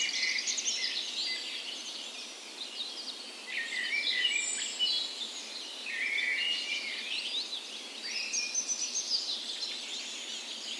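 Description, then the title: Birds: dawn chorus of many birds singing at once, a dense layer of overlapping high chirps, trills and whistles running continuously with no single dominant voice. Spring dawn chorus in a park west in Bergen, Norway, on the morning of 17 May, Norway's National Day; recorded with a Sony PCM A10 and LOM Usi microphones as tree ears. "17th Of May Dawn Chorus"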